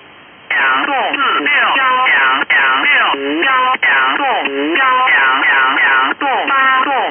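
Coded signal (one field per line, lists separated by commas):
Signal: numbers station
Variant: VC01 Chinese Robot, Mandarin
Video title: Chinese Robot number station VC01 | Signal Phantom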